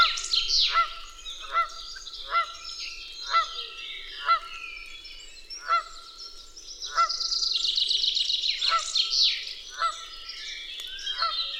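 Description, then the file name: Canada goose gives steady nasal honks, about a second apart, while a songbird twitters and chatters rapidly in the background. At Dwingelderveld. "Canadese ganzen op Dwingelder Veld - Sound Cloud - luc de bruijn"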